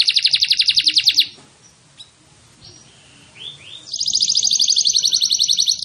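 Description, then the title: Canary singing a fast, pulsing high trill, broken by a quiet pause with a few soft sliding notes before the rolling trill returns. Canary (kenari) whose song is described as gacor, ngotot and a long roll (roll panjang), meant to make other canaries answer right away (langsung nyaut). "LANGSUNG NYAUT GACOR DOR Kenari Manasaja, Dengan Kicau Kenari GACOR NGOTOT ROLL PANJANG"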